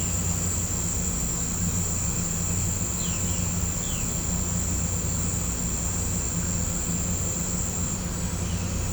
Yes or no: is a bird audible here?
no